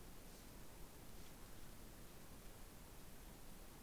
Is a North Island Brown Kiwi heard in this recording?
no